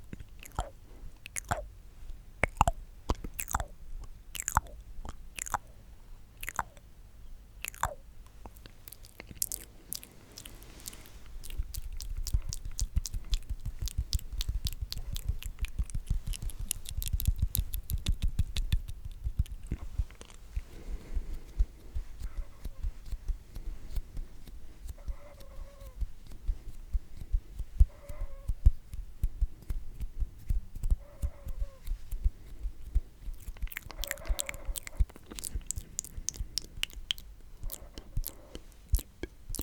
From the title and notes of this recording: ASMR The MOST Tingly MOUTH Sounds.